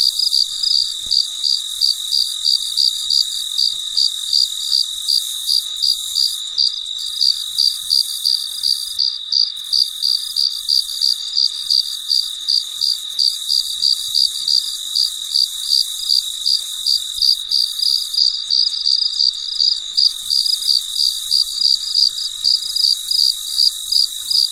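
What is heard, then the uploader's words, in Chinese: Crickets chirp late at night in a steady, rapid, high-pitched pulsing trill that stays constant, with nothing else heard behind. 深夜录制蟋蟀昆虫声。深夜 很安静。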